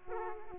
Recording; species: mosquito wingbeat signal from an infrared sensor; Aedes aegypti